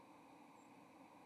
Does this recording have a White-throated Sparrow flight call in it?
yes